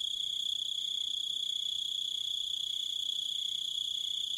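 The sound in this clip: Cricket song, an unbroken piercing high trill with faint rapid pulsing, steady in pitch and loudness from start to finish.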